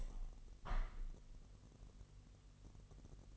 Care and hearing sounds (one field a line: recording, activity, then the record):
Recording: daily activity, microphone in the room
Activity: open window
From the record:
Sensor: 4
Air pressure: 1001.2 hPa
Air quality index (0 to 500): 249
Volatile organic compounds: 46 ppm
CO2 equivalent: 3240 ppm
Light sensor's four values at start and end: 9/19/7/7 and 9/20/8/7